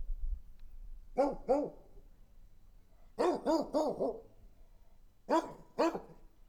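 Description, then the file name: Dog barking in several short bursts of harmonic barks separated by pauses. "Dogsbarking"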